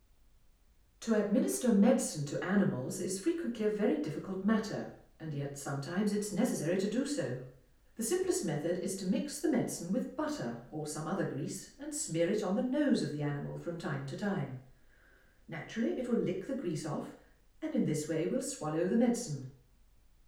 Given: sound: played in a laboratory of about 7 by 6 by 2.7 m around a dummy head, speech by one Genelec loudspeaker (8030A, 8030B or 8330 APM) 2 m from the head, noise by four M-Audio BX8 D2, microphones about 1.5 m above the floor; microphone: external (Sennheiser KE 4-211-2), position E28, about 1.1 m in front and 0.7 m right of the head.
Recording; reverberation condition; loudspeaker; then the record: female speech in English; medium; 120 degrees to the left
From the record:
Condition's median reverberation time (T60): about 510 ms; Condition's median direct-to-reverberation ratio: about -0.5 dB